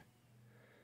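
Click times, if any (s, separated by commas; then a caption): none. A spring clip is being handled as it is clamped onto a glued lock-pick handle to hold the parts together in place of a vise. Only a steady low hum and faint breathy noise are heard, with no sharp transient. Nothing has seated or clicked yet.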